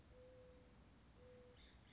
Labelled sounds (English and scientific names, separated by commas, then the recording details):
Mourning Dove (Zenaida macroura)
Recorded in Sonoma County, California